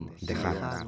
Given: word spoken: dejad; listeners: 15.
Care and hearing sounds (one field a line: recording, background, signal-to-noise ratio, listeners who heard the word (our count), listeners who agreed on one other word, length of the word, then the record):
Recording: one Spanish word in noise, from a listening test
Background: four-talker babble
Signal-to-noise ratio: -0.5 dB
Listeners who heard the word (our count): 0 of 15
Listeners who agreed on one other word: 12 of 15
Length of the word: 0.48 s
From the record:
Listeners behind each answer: 12, 1, 1, 1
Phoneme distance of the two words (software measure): 10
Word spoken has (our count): 2 syllables, 5 phonemes, stress on syllable 2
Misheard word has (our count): 2 syllables, 5 phonemes, stress on syllable 2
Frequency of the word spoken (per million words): 0.97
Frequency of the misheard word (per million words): 147.47